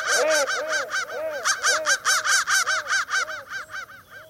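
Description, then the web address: Crow calls, heavily processed into quick, bouncing, bent notes that pulse about two to three times a second and fade toward the end. Processed crow call, pitch-bent. "soundfactory crow"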